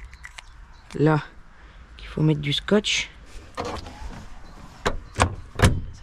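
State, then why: Seated. While fitting turbo-kit parts on a Golf 2 turbo, a clip-on part is pushed onto the car body or engine bay until it clips into place at 5.2 s, with nothing pinched. Someone talks over faint rustling and small knocks, then a few sharp hits near the end, the loudest being the click.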